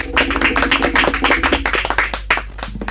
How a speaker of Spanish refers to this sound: Se merecen un aplauso, ¿no? Sí, vamos.